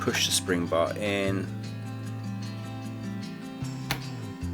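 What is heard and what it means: A spring bar is pushed into the hole on the clasp of a Casio EDB-610 calculator watch band while someone talks over background music. A single sharp click at 3.9 seconds marks the spring bar locking into place in the clasp.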